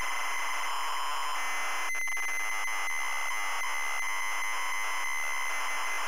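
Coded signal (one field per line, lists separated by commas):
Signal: ZX Spectrum tape loading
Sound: continuous harsh rasping data screech alternating between two pitches, no lead tone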